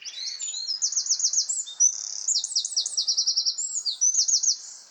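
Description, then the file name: Eurasian wren singing: an energetic high-pitched stream of rapid trills and piercing notes, with quick repeated runs, over near silence. "Troglodytes troglodytes"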